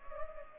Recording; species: mosquito wingbeat signal from an infrared sensor; Culex pipiens